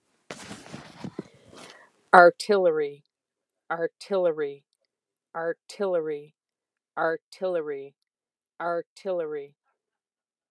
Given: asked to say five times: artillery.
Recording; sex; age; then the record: repeated word; female; 50 to 59 years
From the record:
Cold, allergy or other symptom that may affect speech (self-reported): no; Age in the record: 53 years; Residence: Arizona, United States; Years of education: 14